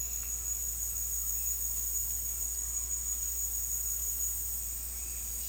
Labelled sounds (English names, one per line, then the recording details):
none
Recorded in dense forest near Puerto Asís, Putumayo, Colombia, on 8 March 2025 at 17:00
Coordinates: 0.503, -76.323
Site GP09